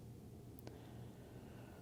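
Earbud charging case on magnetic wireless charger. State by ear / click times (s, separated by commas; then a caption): not seated / none. A counterfeit Apple AirPods Pro 2 charging case, which has no magnet inside, is set onto a magnetic wireless charging puck for an Apple Watch. Over a low, steady hum, two faint, brief ticks occur at about 0.6 s and 0.7 s. The case does not snap into place, and nothing clicks: no light and no ding follow.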